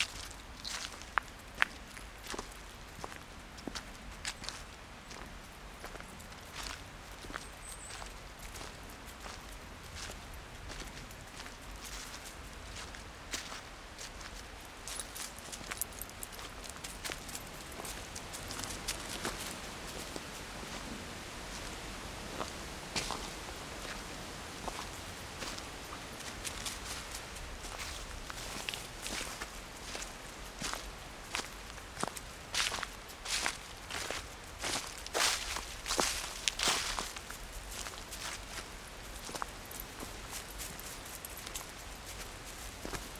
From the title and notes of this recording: The delicious sound of feet crunching on fallen leaves in an ancient woodland. Recorded by Fergus Collins. Feet crunching on leaves while the wind seethes through the canopy. An autumn dog walk through a beech and oak woodland.